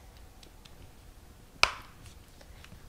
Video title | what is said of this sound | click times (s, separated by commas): Unboxing The Carestream Dental CS3800 Wireless Intraoral Scanner | you heard an audible click so that you know that it's all the way engaged | 1.6 s